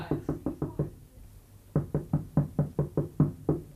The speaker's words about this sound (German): Sagen Sie mal, was klopft hier eigentlich immer so? Ja, ich weiß auch nicht. Wahrscheinlich werden Teppiche geklopft.